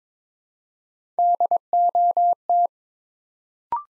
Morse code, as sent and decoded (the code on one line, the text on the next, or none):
-.. --- -
DOT